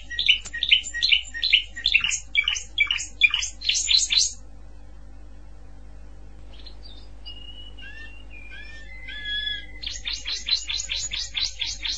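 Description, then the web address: Canary-type song with quick trilled phrases, a pause with a few soft whistled notes, then another rapid trill, over a faint low hum. "honarfardi Canary Sound"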